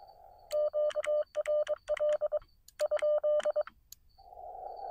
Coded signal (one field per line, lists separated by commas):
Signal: Morse code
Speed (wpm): 26 wpm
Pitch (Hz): 600 Hz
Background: none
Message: QRL ?